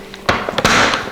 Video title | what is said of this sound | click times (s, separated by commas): Easy Homemade Nut Butter - Make Almond Butter Fast with the NUTRAMILK | then you have to have that click that way so you're listening for three clicks | 0.3 s, 0.6 s